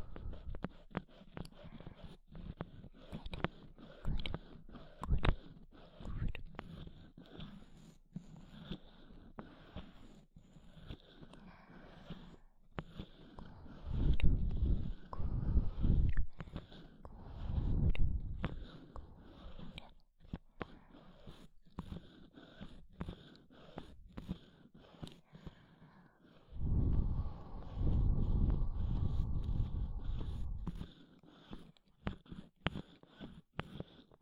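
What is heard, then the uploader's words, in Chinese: A wooden ear pick scrapes and scratches, with dense crackly rubbing bursts around fifteen and twenty-eight seconds. 木质耳勺掏耳朵。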